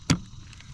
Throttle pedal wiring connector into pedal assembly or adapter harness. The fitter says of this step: doesn't take much you heard the audible click